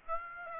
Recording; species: mosquito wingbeat signal from an infrared sensor; Aedes aegypti